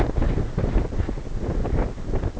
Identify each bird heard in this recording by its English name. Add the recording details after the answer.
none. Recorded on Arctic tundra, site NAIT-1, on 20 June 2018. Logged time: 23:00